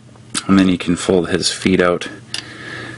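A hinged plastic panel on a transforming robot toy is pulled down on its hinge and pops into place with a sharp click at 0.4 seconds. Someone talks over the handling, and another sharp tap follows at 2.4 seconds.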